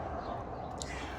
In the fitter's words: Raise this until it clicks.